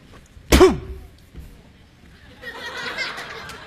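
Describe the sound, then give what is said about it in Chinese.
A performer tries to play a bass drum with his mouth as beatbox, producing a single loud, harsh burst that sounds like a cough, followed by quiet and then a soft, scattered rustle of background noise. “我会 B-box， 哦，就是拿嘴打鼓。”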